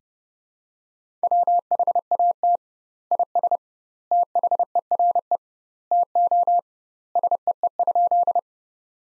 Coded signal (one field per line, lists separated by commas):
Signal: Morse code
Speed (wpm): 32 wpm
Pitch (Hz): 700 Hz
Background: none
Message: WHAT IS THERE TO SEE?